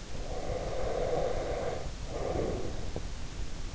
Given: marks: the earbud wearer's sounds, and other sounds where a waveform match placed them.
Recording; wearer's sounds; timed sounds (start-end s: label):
sounds in sleep by an in-ear microphone; breath
0.04-3.09 s: breath